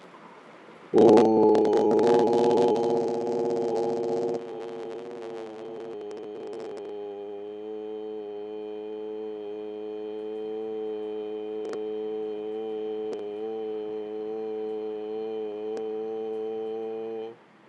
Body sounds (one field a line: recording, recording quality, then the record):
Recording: sustained vowel as in boot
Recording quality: excellent, no background noise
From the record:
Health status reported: healthy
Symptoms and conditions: none ticked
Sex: male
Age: 25 years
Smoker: yes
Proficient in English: yes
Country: India